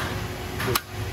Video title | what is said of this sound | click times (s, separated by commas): Tug Maintenance: Changing the Battery - Step-by-Step Guide (Easy Tutorial) | and replace it with the new battery and then again to close it it clicks | 0.8 s